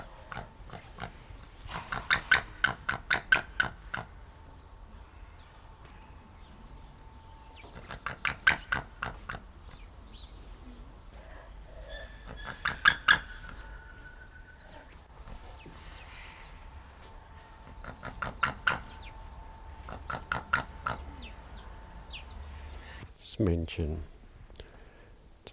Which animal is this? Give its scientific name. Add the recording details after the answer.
Haliaeetus albicilla. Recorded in captivity. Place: Tierpark Berlin, Berlin, DE. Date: 1992-10-31 12:30. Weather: sonnig bis heiter, -2 bis 3°C. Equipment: Marantz CP 430, Sennheiser ME 80, Kopie Tesla B 116. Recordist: Tembrock, Günter